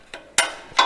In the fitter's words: there it's all snapped into place can back that off